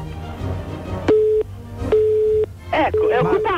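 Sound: telephone busy tone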